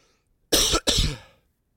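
Two quick, harsh coughs in close succession from an adult man preaching a sermon, in a quiet room.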